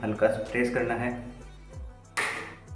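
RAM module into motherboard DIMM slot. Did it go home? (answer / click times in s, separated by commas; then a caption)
no / none. A RAM memory module is lined up with the notch in a motherboard DIMM slot and about to be pressed down lightly while someone talks over background music. A brief burst of broadband noise comes near 2.2 s, but the module has not seated and the plastic retention clip has not clicked shut yet.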